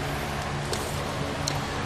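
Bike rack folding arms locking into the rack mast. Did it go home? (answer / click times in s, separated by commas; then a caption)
yes / 0.7 s, 1.5 s. After the trigger latch at the top is lifted, the folding arms of a Yakima RidgeBack 4-bike rack on a 2017 Hyundai Santa Fe are lowered into the rack mast over a steady low background hum. Two short clicks are heard at 0.7 s and 1.5 s as the arms lock into place.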